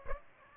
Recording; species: mosquito wingbeat signal from an infrared sensor; Aedes aegypti